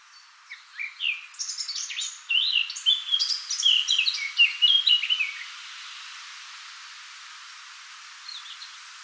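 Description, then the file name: Eurasian blackcap song: a rapid, varied warble of fluty and scratchy high notes for about five seconds, followed by quiet and one faint short phrase near the end. "Sylvia atricapilla"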